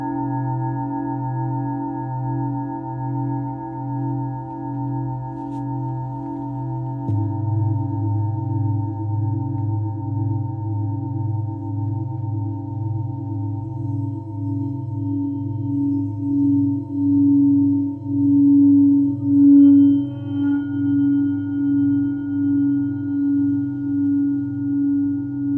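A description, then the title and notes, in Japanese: Singing bowls for sound healing ring in long, steady overlapping tones with a slow wavering pulse, a lower bowl joining around seven seconds. メキシコから シンギングボウルのサウンドヒーリング ライブ。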